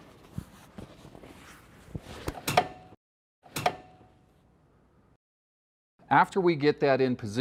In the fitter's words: I'm going to fold the whole top down, and when we put it back up, you listen and hear it click into place.